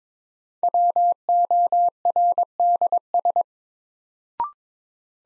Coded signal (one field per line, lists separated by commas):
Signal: Morse code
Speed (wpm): 22 wpm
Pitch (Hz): 700 Hz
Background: none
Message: WORDS